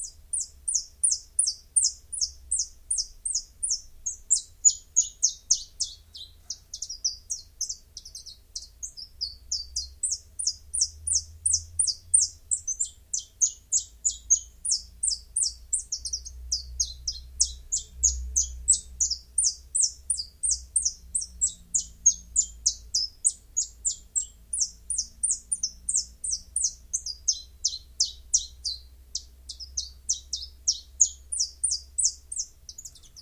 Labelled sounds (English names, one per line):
Common Chiffchaff song